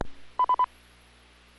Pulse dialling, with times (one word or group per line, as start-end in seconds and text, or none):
none